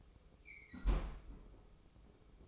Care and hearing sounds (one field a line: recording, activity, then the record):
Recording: daily activity, microphone in the room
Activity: close fridge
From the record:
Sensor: 1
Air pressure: 995.3 hPa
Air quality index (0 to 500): 25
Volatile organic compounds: 0 ppm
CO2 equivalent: 502 ppm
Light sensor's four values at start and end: 17/57/21/22 and 17/58/21/23